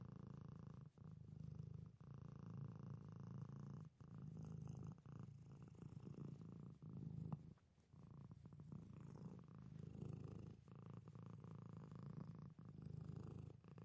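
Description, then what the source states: Domestic cat purr, a sustained low rumble rising and falling with breathing, interrupted by several brief pauses over the stretch. Pet domestic cat purring.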